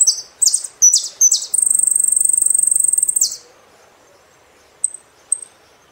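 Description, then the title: Saffron finch song: a few sharp high chirps lead into a fast, buzzy trill lasting about two seconds, then quiet broken by two brief thin notes. "Jilguero Argentino"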